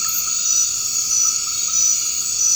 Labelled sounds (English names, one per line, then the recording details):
none
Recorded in dense forest near Puerto Asís, Putumayo, Colombia, on 24 March 2025 at 21:00
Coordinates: 0.485, -76.318
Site G056